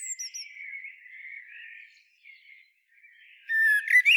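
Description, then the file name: Common blackbird song: a low, soft warble held for about two seconds, then a brief pause and a louder, sharper phrase at the end. "Turdus merula"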